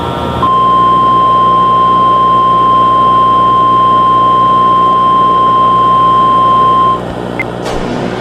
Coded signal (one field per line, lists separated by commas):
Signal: Emergency Alert System (SAME) tones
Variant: 1050 Hz attention tone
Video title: Emergency alert system Florida amber alert alert during SpongeBob ocotber 13th 2004 [RECREATION]